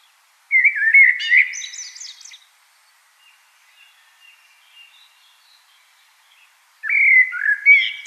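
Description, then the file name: Common blackbird song, a mellow whistled phrase closing with scratchy high squeaks, faint notes in the gap, then another fluty phrase starts. "Turdus merula"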